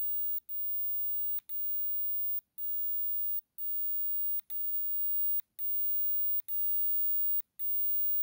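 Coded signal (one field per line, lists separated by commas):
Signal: radio time signal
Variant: DCF77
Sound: steady high tone briefly dropping out once each second, some gaps longer, with clicks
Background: clicking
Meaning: Time code that synchronizes radio-controlled watches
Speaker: is set in automatic in the European Europe European area zone so is a the CF 77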